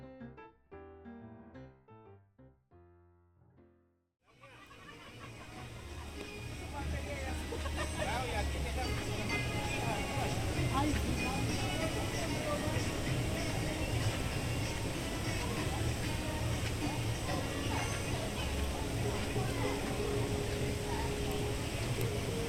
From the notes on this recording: take a walk through Animal Kingdom park in Walt Disney World